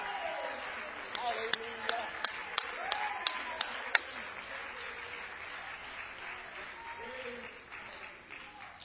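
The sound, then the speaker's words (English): An audience claps their hands to the Lord during a sermon, a crowd's dense applause with several sharp, evenly spaced louder claps standing out early on, then a steady wash of clapping under murmuring voices. “Come on, give Him glory tonight. Clap your hands to the Lord.”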